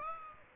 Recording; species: mosquito wingbeat signal from an infrared sensor; Aedes aegypti